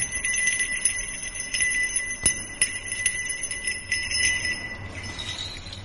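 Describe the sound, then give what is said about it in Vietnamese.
Bright, high-pitched bells of the Nhạc Linh jingle and tinkle clearly and continuously, with sustained ringing tones and occasional sharper strikes standing out before the shimmer thins toward the end. “Thời điểm Bạch Phàm đang tự hỏi, bỗng nhiên thần Nhạc Linh ở bên kia kêu lên những tiếng leng ca leng keng.”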